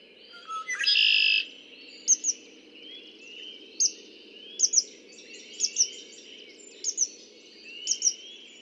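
Red-winged blackbird song, brief lower opening notes leading into a rasping buzzy trill, then sharp high chirps, mostly doubled, repeated about every second.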